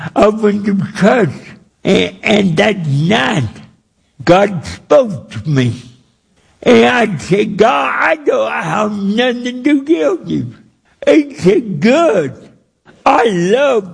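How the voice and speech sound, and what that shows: A man preaches in short bursts separated by long pauses, with drawn-out vowels, wide pitch swings and slightly slurred consonants, yet his words stay mostly understandable. The slow, effortful delivery is dysarthria from cerebral palsy, which he has lived with since being born without breathing for 18 minutes.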